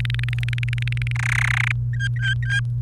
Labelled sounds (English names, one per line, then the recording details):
Domestic Canary song
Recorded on 29 April 2018 at 16:04
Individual llb3